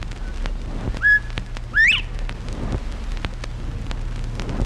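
Northern Bobwhite whistle, a short level note followed by a sharply rising slurred whistle, over low rumbling background noise.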